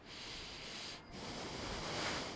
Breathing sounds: one breath in and out by a microphone near the nose and mouth; deep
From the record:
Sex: male

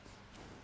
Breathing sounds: one breath in and out by a microphone near the nose and mouth; strong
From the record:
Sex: male

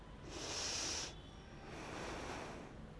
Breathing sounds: one breath in and out by a microphone near the nose and mouth; deep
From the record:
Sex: female

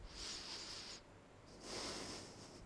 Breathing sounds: one breath in and out by a microphone near the nose and mouth; deep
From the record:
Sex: male

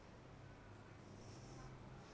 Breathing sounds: one breath in and out by a microphone near the nose and mouth; normal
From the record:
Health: marked as sick, illness not named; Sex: female

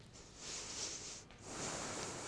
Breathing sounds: one breath in and out by a microphone near the nose and mouth; strong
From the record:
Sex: male

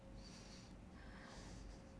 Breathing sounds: one breath in and out by a microphone near the nose and mouth; deep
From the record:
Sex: male

